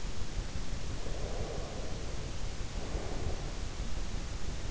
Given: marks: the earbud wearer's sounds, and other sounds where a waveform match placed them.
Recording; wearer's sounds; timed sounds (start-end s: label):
sounds in sleep by an in-ear microphone; breath
0.79-3.70 s: breath